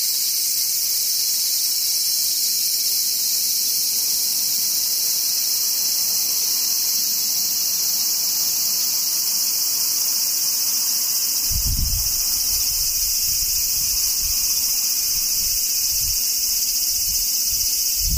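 Cicadas shrill in a steady, unbroken high buzz throughout, while low rumbling thumps come and go from about twelve seconds on.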